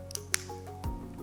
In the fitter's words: To connect the tracker, slide it in the connector until you hear a click.